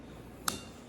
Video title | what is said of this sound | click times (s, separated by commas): Amputee (AK) | everything clicks into place | 0.5 s